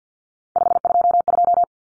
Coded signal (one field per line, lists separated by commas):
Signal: Morse code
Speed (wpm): 50 wpm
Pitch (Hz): 700 Hz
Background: none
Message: 522